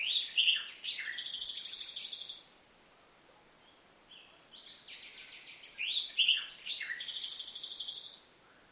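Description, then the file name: Common nightingale song: a burst of varied chirps leading into a fast, buzzy high trill, a pause, then a second rich phrase ending in another rapid trill. "Luscinia megarhynchos"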